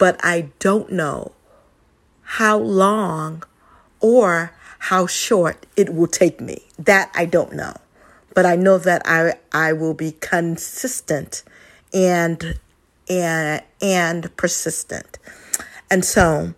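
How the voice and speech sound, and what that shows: Adult woman speaking with stuttering: she stumbles on words, with word repetitions such as a repeated "I" and "and and and", drawn-out sounds, and long pauses between phrases.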